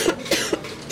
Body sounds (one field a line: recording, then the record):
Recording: coughing mixed with background sound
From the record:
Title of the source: 55 gaggy wet cough